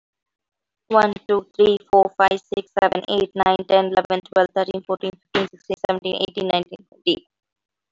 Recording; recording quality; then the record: counting at a fast pace; excellent, no background noise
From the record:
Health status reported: healthy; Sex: female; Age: 24 years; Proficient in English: yes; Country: India